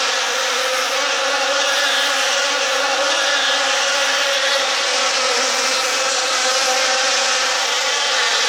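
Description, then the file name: Insect swarm buzzing in a dense, steady drone with layered humming tones, unbroken and even in loudness throughout. "Hollywood Sound Effects - Insects - Swarm Sound Effect"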